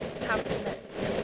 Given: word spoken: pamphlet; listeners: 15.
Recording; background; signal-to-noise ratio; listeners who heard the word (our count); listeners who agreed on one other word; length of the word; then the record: one English word in noise, from a listening test; noise modulated by three-talker babble; -3.5 dB; 1 of 15; 8 of 15; 0.84 s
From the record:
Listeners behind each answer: 8, 2, 1, 1, 1, 1, 1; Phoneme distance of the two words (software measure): 27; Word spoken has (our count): 2 syllables, 7 phonemes, stress on syllable 1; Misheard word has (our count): 2 syllables, 6 phonemes, stress on syllable 1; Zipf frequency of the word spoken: 2.96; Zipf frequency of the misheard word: 3.54